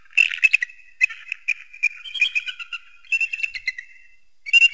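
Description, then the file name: Eagle uttering high, rapid chattering notes in bursts with brief gaps. Eagle hunting prey. "tieng dai bang san moi"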